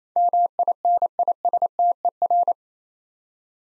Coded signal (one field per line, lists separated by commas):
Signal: Morse code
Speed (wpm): 28 wpm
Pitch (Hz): 700 Hz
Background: none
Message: MINISTER